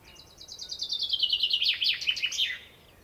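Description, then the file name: Common chaffinch song: a quick series of clear notes that descend into a rattling run, finishing with a short flourish. "Fringilla coelebs"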